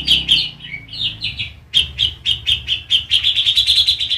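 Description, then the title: Oriental magpie-robin singing: a quick series of clear, sweet whistled notes, a pause, then a steadily repeated run of bright notes with a low hum underneath. "Kicau Kacer"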